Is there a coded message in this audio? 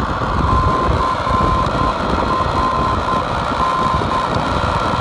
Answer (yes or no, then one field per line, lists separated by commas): yes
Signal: Morse code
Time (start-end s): 0.5-4.2 s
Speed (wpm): 9 wpm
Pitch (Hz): 1040 Hz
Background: none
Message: CRN